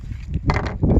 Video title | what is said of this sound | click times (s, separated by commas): Pistol speed loader demonstration | first thing we're going to do is put the magazine into the base. You want to hear that click. | 0.5 s